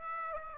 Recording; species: mosquito wingbeat signal from an infrared sensor; Aedes aegypti